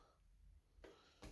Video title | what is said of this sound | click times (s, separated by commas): iVO OrbiMax 10 Training Video | and then finally push hard so that you hear this click into place | 0.8 s